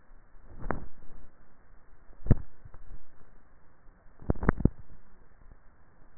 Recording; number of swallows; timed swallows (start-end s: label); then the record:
swallowing sounds by neck microphone; 1
2.08-2.92 s: swallow
From the record:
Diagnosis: dysphagia